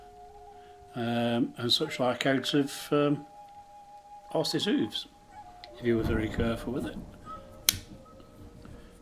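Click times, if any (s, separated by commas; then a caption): 7.7 s. An old folding knife blade is swung round until it snaps into place in its handle, with one sharp, loud snap at 7.7 s showing it still locks into position despite its age. Someone talks before the snap, and a faint tap follows at 8.7 s.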